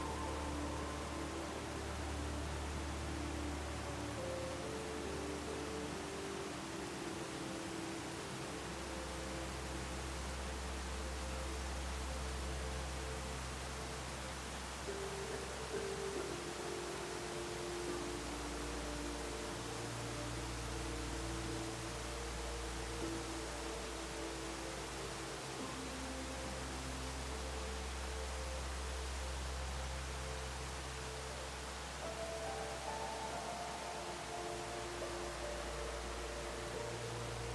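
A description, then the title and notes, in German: A waterfall rushes in a steady, even hiss that fills the whole clip at a constant level. Underneath, soft calming music moves slowly: deep sustained bass notes shift every several seconds while gentle held tones drift above them. Finden Sie RUHE mit dem Sanften Klang eines WASSERFALLS und Beruhigender MUSIK.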